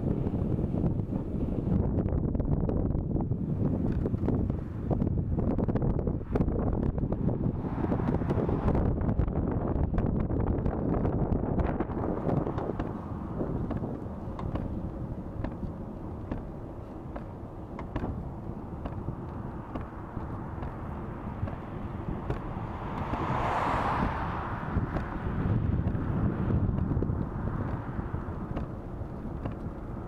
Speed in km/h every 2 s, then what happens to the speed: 18, 16, 8, 10, 12, 16, 20, 21, 22, 23, 24, 26, 25, 26, 26.
0-5 slows to 8. 5-14 speeds up to 21. 14-30 steady at about 24.